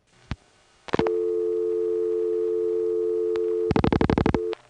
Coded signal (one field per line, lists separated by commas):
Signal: telephone call progress tone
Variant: North America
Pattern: dial tone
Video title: The Sounds of Long Distance pgm 8: DDD from Panel, 4M Dialpulsing, 1977 [re-upload corrects audio]